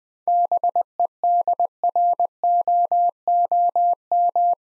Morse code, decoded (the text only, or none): BEDROOM